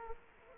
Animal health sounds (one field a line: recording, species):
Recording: mosquito wingbeat signal from an infrared sensor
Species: Culex quinquefasciatus